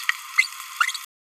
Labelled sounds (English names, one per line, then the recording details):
Green-rumped Parrotlet babbling
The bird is a female
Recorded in a nest box in Venezuela
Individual 17B31A3